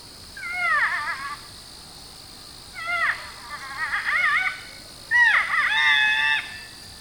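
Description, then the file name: Porcupine whining calls: three bouts of wavering, harmonic whines, each lasting about one to two seconds, separated by short pauses. "porcupine by lang elliott"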